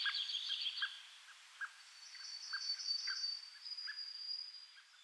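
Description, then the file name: European greenfinch with a burst of high twitters, followed by a long sustained thin note, while faint scattered chips repeat underneath throughout. "Chloris chloris"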